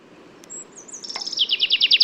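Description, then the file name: Common chaffinch song opening with a thin high note, then a rapid trill of repeated chirps growing louder until cut off. "Fringilla coelebs"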